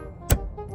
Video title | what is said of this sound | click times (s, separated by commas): DIY: BM3 FlexFuel Kit install! | Another audible click as you heard right there. | 0.3 s